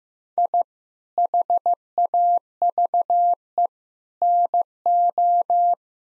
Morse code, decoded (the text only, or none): I HAVE NO